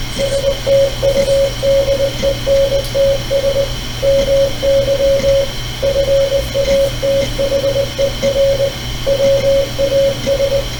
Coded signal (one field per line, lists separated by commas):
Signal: Morse code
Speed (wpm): 20 wpm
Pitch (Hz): 550 Hz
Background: radio noise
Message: STUDENTS MY FATHER WAS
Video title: Youth Outreach for Morse Code Exposure -- recorded by Duane Wyatt